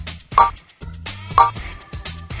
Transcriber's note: buzzer